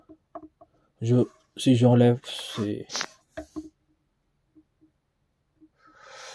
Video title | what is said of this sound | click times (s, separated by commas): Unboxing Figurine Bleach Maximatic Ichigo Kurosaki | Attendez, je vais voir si j'arrive à les clipser. Voilà, ça c'est clipsé. | 0.4 s